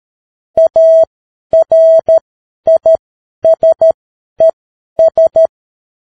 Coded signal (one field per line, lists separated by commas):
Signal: Morse code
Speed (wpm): 13 wpm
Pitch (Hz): 650 Hz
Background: none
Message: ARISES